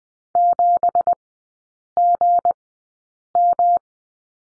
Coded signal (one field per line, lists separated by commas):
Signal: Morse code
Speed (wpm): 20 wpm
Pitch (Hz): 700 Hz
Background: none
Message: 7GM